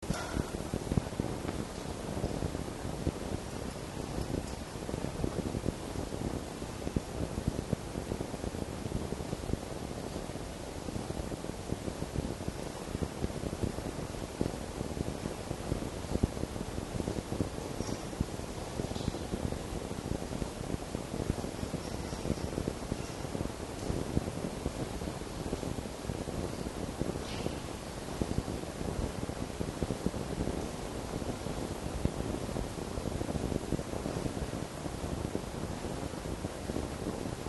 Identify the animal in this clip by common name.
Red Fox